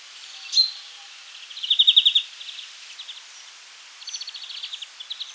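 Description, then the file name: European greenfinch giving short, rapid, mechanical trills, a sharp chirp near the start, then a quieter pulsed trill series toward the end. "Chloris chloris"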